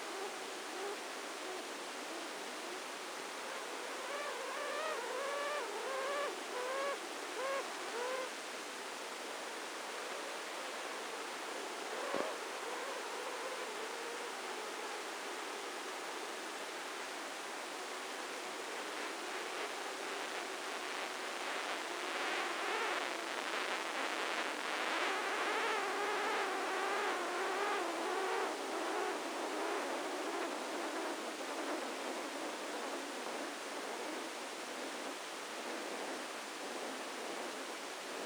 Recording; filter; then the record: brain microelectrode recording played as sound; spike band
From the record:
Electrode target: subthalamic nucleus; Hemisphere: left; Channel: 1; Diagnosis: Parkinson's disease